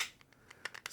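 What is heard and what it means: A small Magnum by Boker Lil Friend Micro fixed-blade neck knife is pushed into its molded plastic sheath, making a series of short, bright plastic ticks and scrapes that grow louder. It seats with a sharp snap at 0.9 s, and the sheath retains the knife, though with a little rattle afterward from the chain.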